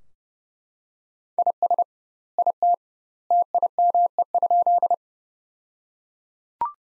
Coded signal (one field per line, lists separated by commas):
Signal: Morse code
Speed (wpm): 32 wpm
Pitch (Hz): 700 Hz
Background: none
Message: IS IT TIME?